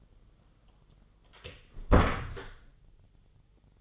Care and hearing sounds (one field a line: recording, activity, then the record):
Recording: daily activity, microphone in the room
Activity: close door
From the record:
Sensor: 4